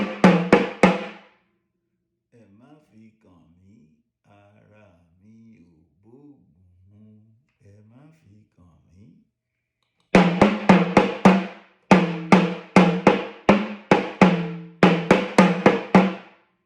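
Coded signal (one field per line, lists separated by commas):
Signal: talking drum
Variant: Yoruba sakara drum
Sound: rapid groups of pitched drum strokes, a softer speech-like gliding passage, then more stroke runs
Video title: Ifa ni o pa ẹni to fi oju ekurọ wo Ọrunmila - by Jammal.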